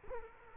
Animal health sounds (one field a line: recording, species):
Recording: mosquito wingbeat signal from an infrared sensor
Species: Culex quinquefasciatus